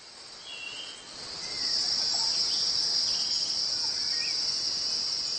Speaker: 当温暖的阳光再次洒满大地，知了的鸣唱时节到了，它们通过震动腹部的鼓膜，从而发出声音。